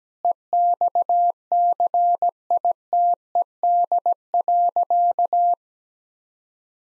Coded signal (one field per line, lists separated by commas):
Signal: Morse code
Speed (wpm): 17 wpm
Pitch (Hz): 700 Hz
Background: none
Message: EXCITED.